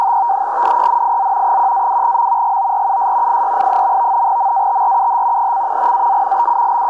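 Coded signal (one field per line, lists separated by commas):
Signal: NAVTEX (SITOR-B)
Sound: steady rapid warbling chirp between two close tones, continuous throughout, with occasional crackles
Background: radio static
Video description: Transmitindo no sistema SITOR-B boletins meteorológicos em turco e inglês para embarcações.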